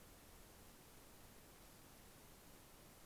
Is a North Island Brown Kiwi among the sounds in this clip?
no